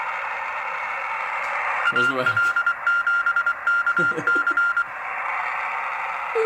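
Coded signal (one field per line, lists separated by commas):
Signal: Morse code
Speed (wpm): 23 wpm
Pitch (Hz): 1400 Hz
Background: speech, radio noise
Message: AL7KC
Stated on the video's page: Morse received on 40 m, 7.018 and 7.058 MHz, with a Drake TR-4C transceiver on a homemade speaker-wire dipole.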